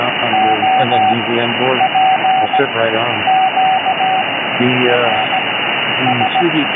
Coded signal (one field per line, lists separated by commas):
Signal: Morse code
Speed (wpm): 16 wpm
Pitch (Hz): 760 Hz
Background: speech, radio noise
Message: O P Q R S